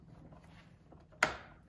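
A still-depressed recline button on the base of a Britax One4Life ClickTight All in One convertible car seat is worked after the seat is set to full recline for installation rear-facing in a Tesla Model X. Faint handling noises lead to one loud, sharp click at 1.2 s as the button pops back into place. The recline button is seated.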